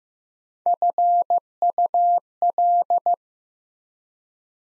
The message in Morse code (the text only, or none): FUL